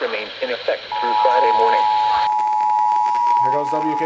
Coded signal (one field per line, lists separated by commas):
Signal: Emergency Alert System (SAME) tones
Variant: 853 and 960 Hz attention tone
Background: speech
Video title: GOOD MORNING! HAVE SOME DAVIDSON... EAS Alerts from 8/2/18 (EAS #1,517 - 1,535)